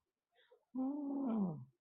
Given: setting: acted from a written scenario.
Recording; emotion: vocal sound without words; sympathy